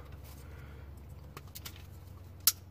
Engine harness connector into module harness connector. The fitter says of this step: heard that click it's secure